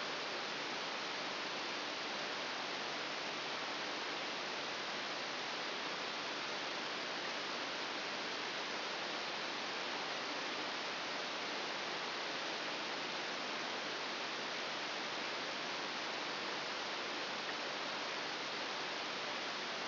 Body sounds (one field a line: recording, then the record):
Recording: brain microelectrode recording played as sound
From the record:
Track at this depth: inside the subthalamic nucleus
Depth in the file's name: 1.806 mm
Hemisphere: right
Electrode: 3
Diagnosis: Parkinson's disease